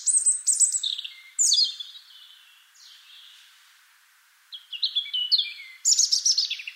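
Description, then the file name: European robin song, bright descending whistled notes and quick trilled phrases, with a pause in the middle and a burst of high notes at the end. "Erithacus rubecula"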